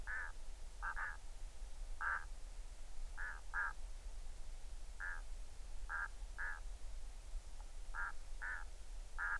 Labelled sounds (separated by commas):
waterfowl